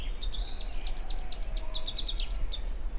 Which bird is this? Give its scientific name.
Basileuterus rufifrons